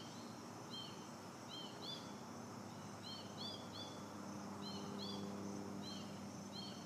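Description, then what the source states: Bird giving short, upward-curving high chirps, often in pairs or threes, repeated with pauses over background hiss. Unidentified bird call, 2018.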